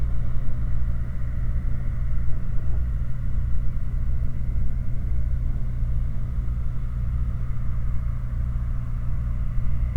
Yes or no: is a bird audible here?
no